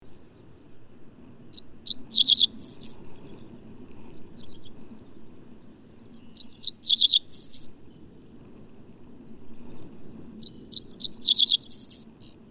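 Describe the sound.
Bird singing three brief high phrases roughly every four and a half seconds, quick chipped notes ending in a bright buzzy flourish, with low background rumble throughout.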